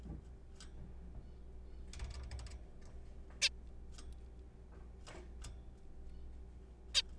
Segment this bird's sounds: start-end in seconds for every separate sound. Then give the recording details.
3.42-3.49, 6.95-7.02. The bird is a juvenile. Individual R3428